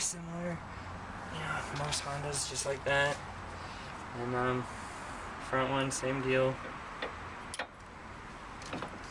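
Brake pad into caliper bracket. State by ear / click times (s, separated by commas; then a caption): not seated / none. A front brake pad with its metal wear-indicator clip is handled against the caliper bracket during a big brake kit upgrade on a Honda Civic / Acura Integra Type R setup. Someone talks for most of the clip, then a few brief sharp ticks are heard near the end. Nothing has seated or clicked into place yet.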